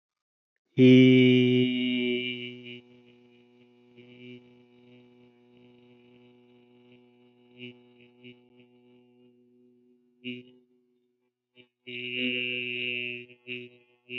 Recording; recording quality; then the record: sustained vowel as in beet; excellent, no background noise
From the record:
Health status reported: healthy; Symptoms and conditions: cough, cold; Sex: male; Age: 24 years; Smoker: not ticked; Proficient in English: yes